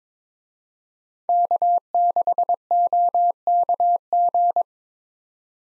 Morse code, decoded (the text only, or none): K6OKG